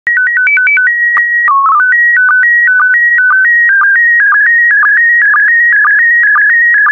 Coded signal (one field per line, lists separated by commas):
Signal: SSTV (slow-scan television)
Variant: PD 120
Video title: 84032 Roses by Diane Rose Therrien SSTV PD120